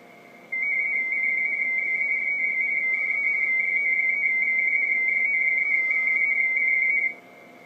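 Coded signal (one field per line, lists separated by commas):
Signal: RTTY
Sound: rapid warbling between two close high tones for about six and a half seconds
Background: radio static, faint steady tone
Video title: Icom IC-9100 +23 cm + Dstar - Internal Rtty Test on 14.085.67 Mhz 18.03.2012 17:27h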